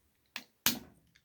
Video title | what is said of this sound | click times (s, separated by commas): Building Groot's Legs | and it should click on just like that | 0.7 s